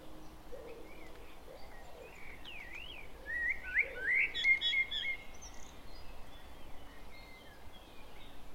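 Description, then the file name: Common blackbird singing a fluted warble that breaks into squeaky twitters. "Turdus merula"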